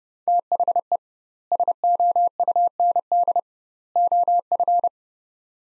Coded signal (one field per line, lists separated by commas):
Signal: Morse code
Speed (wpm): 30 wpm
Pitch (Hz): 700 Hz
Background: none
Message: THE SOUND OF